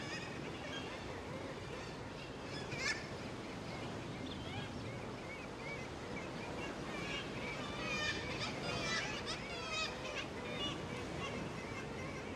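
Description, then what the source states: Kittiwake calls, scattered nasal cries with a denser cluster in the later part, over constant wind noise. Kittiwakes calling overhead as they come and go at the landing stairway on Skellig Michael, Atlantic; cathedral-like acoustic, birds use cliffs to echo calls, calling then waiting.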